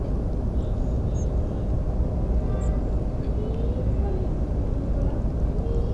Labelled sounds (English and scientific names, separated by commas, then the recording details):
European Robin (Erithacus rubecula)
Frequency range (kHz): European Robin (Erithacus rubecula) 6.2-8.5 kHz
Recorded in France